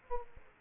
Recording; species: mosquito wingbeat signal from an infrared sensor; Aedes aegypti